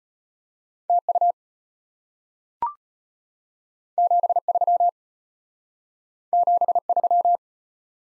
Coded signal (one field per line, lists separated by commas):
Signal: Morse code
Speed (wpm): 32 wpm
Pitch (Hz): 700 Hz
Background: none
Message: TU 73 73